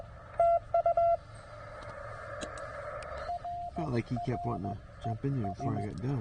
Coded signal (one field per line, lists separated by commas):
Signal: Morse code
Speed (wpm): 16 wpm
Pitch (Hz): 690 Hz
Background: speech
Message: TU RRES